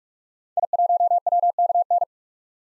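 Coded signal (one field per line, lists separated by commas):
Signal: Morse code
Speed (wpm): 44 wpm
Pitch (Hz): 700 Hz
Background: none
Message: I1WKN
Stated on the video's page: Common SOTA activator call signs at 45 wpm for head-copy practice, each sent, then spoken, then sent again.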